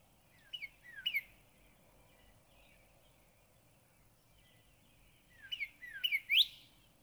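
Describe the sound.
Northern cardinal song: two short phrases of clear slurred whistles, falling then sweeping upward, separated by about four seconds of quiet background hiss.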